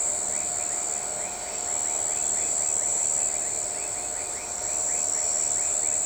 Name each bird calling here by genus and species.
none